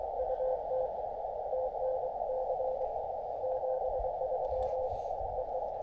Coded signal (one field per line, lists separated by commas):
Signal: Morse code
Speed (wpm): 23 wpm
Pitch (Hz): 520 Hz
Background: radio noise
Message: UT TNC 73 EE